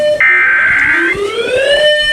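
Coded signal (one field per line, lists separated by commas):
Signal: Emergency Alert System (SAME) tones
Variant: header bursts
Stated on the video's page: Real civil emergency message cancelling an evacuation warning in San Luis Obispo County, received from several stations.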